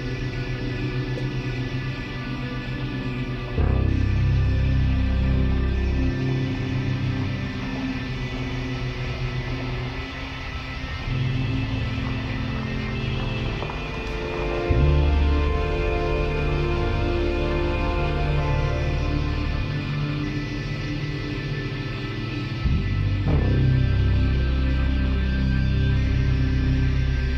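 Layered synthesizer and organ-like chords hold steady, with a deep bass that shifts every few seconds, around 4, 11, 15 and 23 seconds. The sound stays dense and evenly loud throughout, with faint clicks and rustling textures woven underneath.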